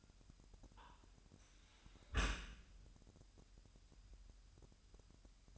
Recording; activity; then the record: daily activity, microphone in the room; close dishwasher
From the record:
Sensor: 2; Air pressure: 998.1 hPa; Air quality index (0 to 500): 149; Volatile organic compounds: 4 ppm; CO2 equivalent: 1683 ppm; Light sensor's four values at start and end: 9/29/11/11 and 9/29/11/11